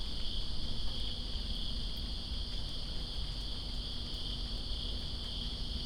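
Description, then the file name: Crickets sounding a ceaseless high trill under a broad, steady roar of rain. Crickets in Greensboro on September 2, 2017, during rain. "Greensboro Crickets And Rain September 02 2017"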